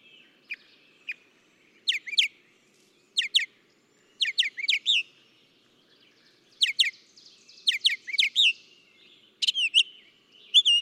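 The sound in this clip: Northern mockingbird singing varied high chirping phrases, each a quick burst of two or three repeated notes, spaced by brief silences.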